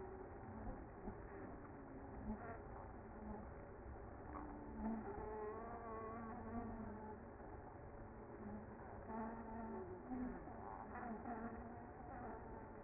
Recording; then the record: honeybee colony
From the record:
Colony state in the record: active